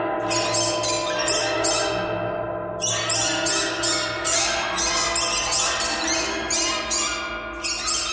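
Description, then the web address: Bird giving harsh buzzy calls in quick bursts, pausing briefly before another run of rapid squawks. "soundfactory birds birds birds thread buzz all"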